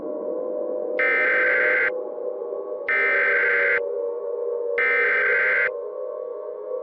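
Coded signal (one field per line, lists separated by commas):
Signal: Emergency Alert System (SAME) tones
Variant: header bursts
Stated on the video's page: Fictional EAS scenario about the USA's self-demise, inspired by another scenario.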